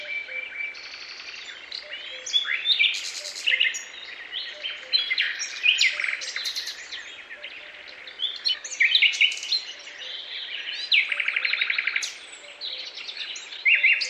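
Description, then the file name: Bird chorus of sharp chirps, twitters and rapid pulsed bursts, several birds overlapping. "Tieng con trung va chim keu"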